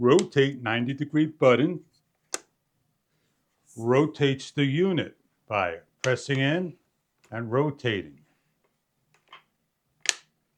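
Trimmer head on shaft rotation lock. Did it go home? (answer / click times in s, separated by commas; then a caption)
yes / 10.1 s. On a VARSK 20V 12" cordless 2-in-1 string trimmer and edger, the trimmer head on the shaft is pressed in and turned 90° to the edger position using the rotation lock. Someone talks, then there are a few faint ticks. A sharp click at 10.1 s marks the head locking into place.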